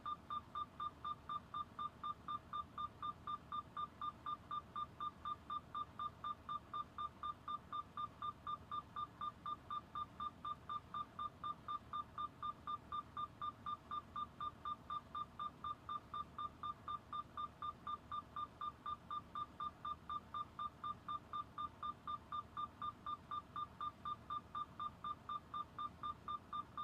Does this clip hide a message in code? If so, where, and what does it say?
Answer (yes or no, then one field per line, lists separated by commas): no